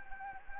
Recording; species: mosquito wingbeat signal from an infrared sensor; Anopheles gambiae